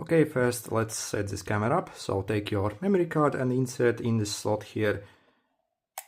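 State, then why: Seated. Someone talks while a microSD memory card is pushed into the card slot of a V380 PRO bulb-shaped WiFi security camera. After a brief pause, a single short sharp click is heard at 6.0 s as the card latches and seats in the slot.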